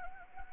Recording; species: mosquito wingbeat signal from an infrared sensor; Anopheles gambiae